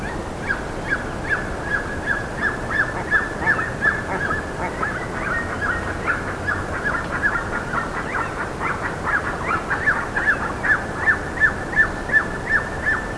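Bird calls, a busy stream of short chirping notes, louder toward the end, with steady background hiss.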